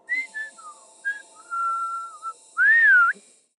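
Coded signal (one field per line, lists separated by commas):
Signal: whistled language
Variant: Khasi jingrwai iawbei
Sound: five short whistled notes, one long steady note, then a loud rising-falling whistle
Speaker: Everyone in the village has a whistling name.. ..and there's a certain tune that goes on in the mother's head.. ..before the child is born and that is what goes on to become their name.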